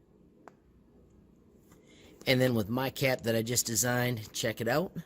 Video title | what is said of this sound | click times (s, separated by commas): Replacement Tacky Glue cap! Free Thingiverse File #Tinkercad #STEM | you put an original cap on listen for the click and then | 0.5 s